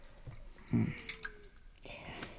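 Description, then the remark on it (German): Cold water drips in a few soft, irregular plinks, with a brief low splash near the start and a faint whispery hiss running underneath. “Das Wasser ist kalt.”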